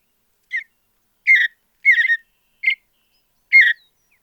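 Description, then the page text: Mountain bluebird gives five brief whistled notes with irregular gaps, the second and third longer. "Andrew Spencer - Голубая сиалия (Sialia currucoides)"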